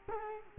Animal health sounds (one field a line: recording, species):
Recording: mosquito wingbeat signal from an infrared sensor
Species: Culex quinquefasciatus